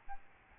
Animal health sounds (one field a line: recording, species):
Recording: mosquito wingbeat signal from an infrared sensor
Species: Aedes albopictus